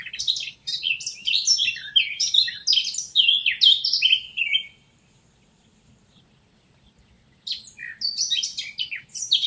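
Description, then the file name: Eurasian blackcap delivering a quick, melodious warble of mixed whistles and chips, pausing briefly, then resuming with another bright phrase. "Sylvia atricapilla"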